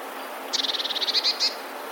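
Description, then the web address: Eurasian blue tit song, one brief high trill of quick even pulses, the last few notes louder and more spaced. "wroblowe teka modraszkoteka"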